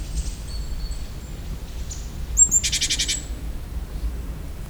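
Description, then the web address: Great tit giving one thin high note followed by a single harsh, buzzy rattling churr lasting about half a second, with faint high chirps earlier and a steady low rumble. Recorded in nature; presented as the bird's other, alternative call. "allathangok termeszetben szencinege"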